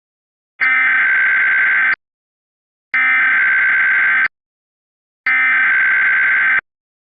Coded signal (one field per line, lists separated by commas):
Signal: Emergency Alert System (SAME) tones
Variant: header bursts